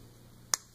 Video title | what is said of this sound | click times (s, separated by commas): Armattan armadillo transmitter installation | snaps right in there and it will go and | 0.5 s